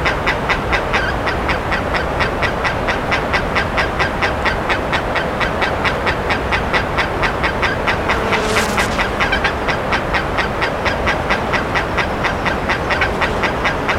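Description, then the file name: Bird calls, a long even train of clipped, nasal notes a little over two per second, with a brief higher hiss midway and steady background rumble. "SABIOD 50 bird 2015"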